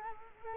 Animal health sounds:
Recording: mosquito wingbeat signal from an infrared sensor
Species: Culex quinquefasciatus

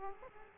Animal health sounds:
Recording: mosquito wingbeat signal from an infrared sensor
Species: Aedes aegypti

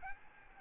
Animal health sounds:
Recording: mosquito wingbeat signal from an infrared sensor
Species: Aedes albopictus

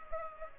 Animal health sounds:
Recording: mosquito wingbeat signal from an infrared sensor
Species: Culex pipiens

